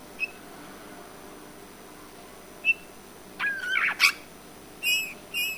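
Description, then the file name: Eurasian bullfinch: two isolated soft whistles, then a cluster of wavering whistled and scratchy notes, ending with two high piping calls. "Pyrrhula pyrrhula"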